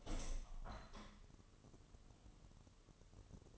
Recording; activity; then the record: daily activity, microphone in the room; open window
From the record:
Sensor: 4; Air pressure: 1000.8 hPa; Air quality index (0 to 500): 242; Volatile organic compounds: 40 ppm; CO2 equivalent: 3140 ppm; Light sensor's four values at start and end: 9/20/8/8 and 9/21/8/8